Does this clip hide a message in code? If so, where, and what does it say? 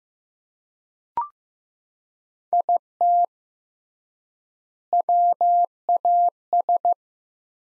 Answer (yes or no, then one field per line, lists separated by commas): yes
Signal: Morse code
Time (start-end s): 2.5-6.9 s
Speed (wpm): 15 wpm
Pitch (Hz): 700 Hz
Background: none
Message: IT WAS